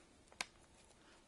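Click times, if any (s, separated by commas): 0.4 s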